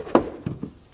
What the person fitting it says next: You hear them click.